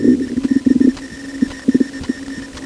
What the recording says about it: I have a stethoscope sort of cling filmed to my stomach. We're about to listen to me digesting my lunch.